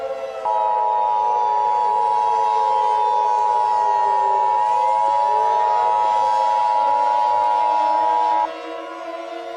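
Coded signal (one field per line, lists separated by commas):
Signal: Emergency Alert System (SAME) tones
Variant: 853 and 960 Hz attention tone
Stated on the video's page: Fictional EAS scenario about a terrorist attack.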